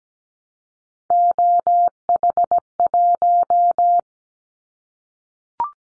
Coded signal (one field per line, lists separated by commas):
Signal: Morse code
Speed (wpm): 17 wpm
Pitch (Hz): 700 Hz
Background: none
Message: OH1